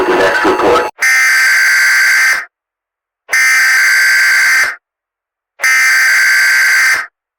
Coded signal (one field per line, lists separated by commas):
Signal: Emergency Alert System (SAME) tones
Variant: header bursts